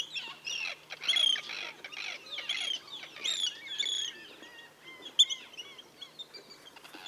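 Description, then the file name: Arctic tern calls: several loud, ringing, slightly harsh cries rise above a busy chorus of overlapping calls, with one sharp note standing out. "Arctic Tern Sterna paradisaea"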